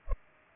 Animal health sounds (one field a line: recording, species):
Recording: mosquito wingbeat signal from an infrared sensor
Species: Culex pipiens